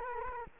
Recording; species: mosquito wingbeat signal from an infrared sensor; Culex quinquefasciatus